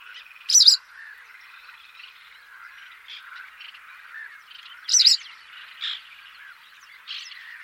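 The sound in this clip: Bird giving loud, sharp, harsh calls about four seconds apart, amid a steady chorus of softer chirping birds with a few louder chirps.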